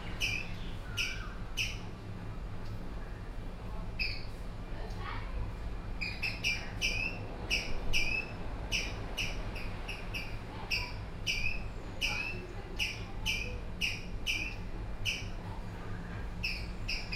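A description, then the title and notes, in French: Birds call in repeated short, bright chirps throughout, clustered densely after six seconds, over a steady low hum and murmuring background. Oiseaux. Gokarna.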